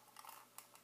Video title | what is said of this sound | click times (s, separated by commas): Thunderbirds Are Go - Thunderbird 2 - Reviews | There's no action trigger for the legs, so you just literally pull them down and they click into place, as you may be able to hear. | 0.2 s, 0.6 s, 0.8 s